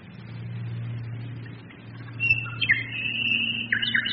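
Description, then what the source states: Nightingale song: a drawn-out whistled note with a few quick flourishes, over a low engine drone. Nightingales singing together with bombers during the Second World War, 1942.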